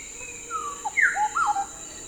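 Bird call of several slurred whistles: a long falling note, then quick falling and rising notes, with a steady high whine behind.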